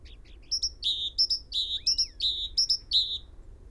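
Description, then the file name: Great tit calls, a repeated three-part phrase of two quick high notes dropping to a longer, lower buzzy note, given about four times; a faint arched whistle in the middle. "Parus major"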